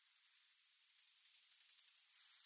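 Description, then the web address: Blackpoll Warbler song: a very high, thin series of many rapid ticking notes, starting faint, swelling louder through the middle and easing slightly at the end; otherwise quiet. "Schulze Peter Blackpoll Warbler song"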